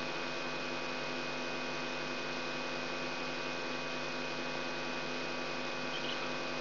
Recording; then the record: brain microelectrode recording played as sound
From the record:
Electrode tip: outside the subthalamic nucleus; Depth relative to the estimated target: -8 mm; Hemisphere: right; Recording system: AlphaMap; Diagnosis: Parkinson's disease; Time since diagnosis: 9 years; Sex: male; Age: 68 years